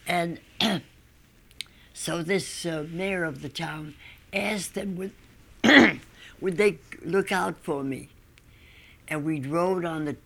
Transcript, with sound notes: And so this mayor of the town asked (she coughs) would they look out for me. And we rode on the